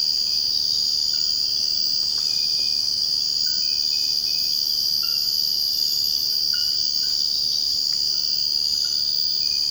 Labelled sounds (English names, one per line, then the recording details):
none
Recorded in secondary vegetation near Puerto Asís, Putumayo, Colombia, on 21 March 2025 at 05:00
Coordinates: 0.502, -76.326
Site G100